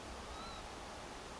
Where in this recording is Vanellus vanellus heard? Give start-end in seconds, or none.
0.31-0.61